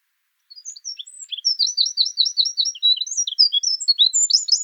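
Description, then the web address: Eurasian wren: after a brief silence, a fast, high, sharp chattering series of trilled notes continuing to the end. Nominate subspecies troglodytes troglodytes. "troglodytes troglodytes call"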